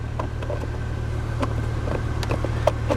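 A second plastic console trim piece is pressed back into the center console of a 2006 Toyota Corolla during a transmission light replacement, over a steady low hum. After a fumbled first attempt with scattered plastic taps and knocks, it snaps into place with a sharp click at 2.7 s and is seated.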